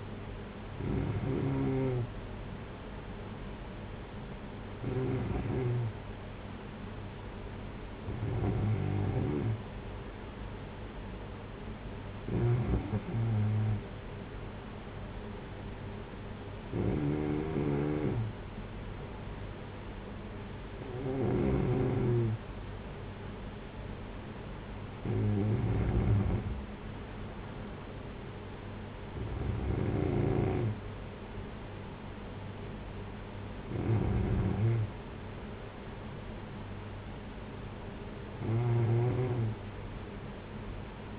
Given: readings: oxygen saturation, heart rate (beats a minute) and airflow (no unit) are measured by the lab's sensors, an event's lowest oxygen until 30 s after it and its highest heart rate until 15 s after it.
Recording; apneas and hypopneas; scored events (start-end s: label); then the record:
breathing in sleep by a voice recorder at the bedside; none
none scored
From the record:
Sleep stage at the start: N2 (light sleep); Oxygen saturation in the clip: 93 to 94%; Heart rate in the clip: 52 to 58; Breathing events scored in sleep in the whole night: 226 in 8.8 hours asleep